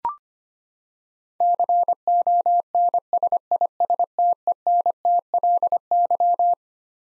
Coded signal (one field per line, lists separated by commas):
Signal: Morse code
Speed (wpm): 25 wpm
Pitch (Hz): 700 Hz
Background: none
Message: CONSISTENTLY